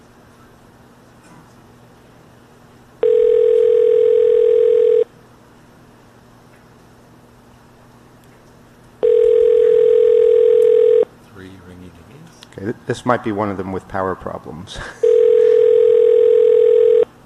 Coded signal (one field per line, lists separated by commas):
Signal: telephone call progress tone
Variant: North America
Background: speech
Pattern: ringback tone